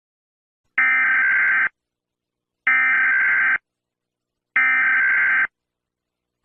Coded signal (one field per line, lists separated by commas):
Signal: Emergency Alert System (SAME) tones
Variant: header bursts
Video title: 🌈🎨 | Eas Scenario #8 Sonic.OMT